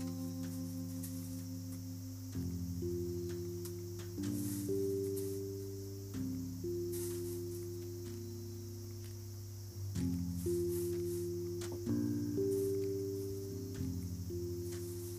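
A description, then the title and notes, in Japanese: Cicadas keep up a steady, high shimmering buzz on an evening after rain. In front of them, sustained low ringing tones hold like chords and shift to new pitches every two to four seconds, with a few soft clicks scattered throughout. 雨上がりの夕方、外では夏を急ぐように蝉たちが鳴いています。今日は家の中で、小麦の手選別作業です。収穫した小麦を乾燥、唐箕がけしたあと草の実や麦の茎がまだ混ざっているので手で取り除いています。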